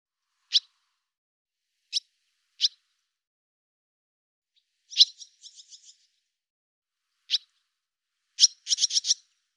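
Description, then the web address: Barn swallow giving high, sharp single chips spaced irregularly, often a second or more apart, twice breaking into short buzzy trilled runs of quick notes. Cleaned and normalized audio. "cianscape birddata Deverinetal 2025"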